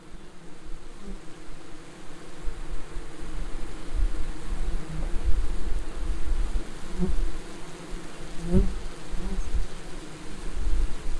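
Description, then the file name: Bees making a dense, low, continuous hum, swelling and fading, with a few louder bursts. "pszczoly glosniejsze"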